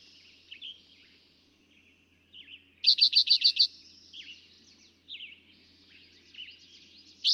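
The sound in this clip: Eastern towhee song: one bright burst of six rapid repeated high notes, with other birds chirping and whistling throughout.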